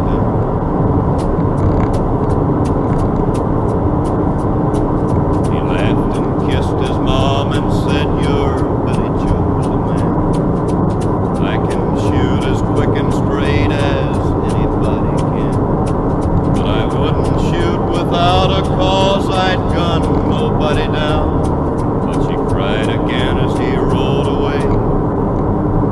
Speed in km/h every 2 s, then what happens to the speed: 79, 80, 79, 77, 77, 77, 77, 79, 81, 81, 81, 79, 76.
0-26 steady at about 79.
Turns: none.